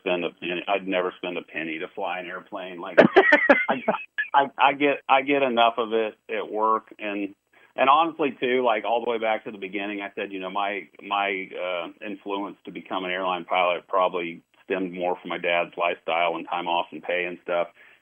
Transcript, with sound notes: I'd never spend a penny to fly an airplane, like-
(laughs)
... I- I- I get- I get enough of it at work and, and honestly too, like, all the way back to the beginning, I said, you know, my- my, uh, influence to become an airline pilot probably stemmed more from my dad's lifestyle and time off and pay and stuff.